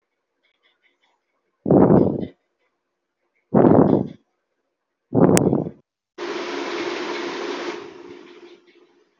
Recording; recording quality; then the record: shallow breathing; excellent, no background noise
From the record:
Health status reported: healthy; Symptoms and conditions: none ticked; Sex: female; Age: 49 years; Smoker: not ticked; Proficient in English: yes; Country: India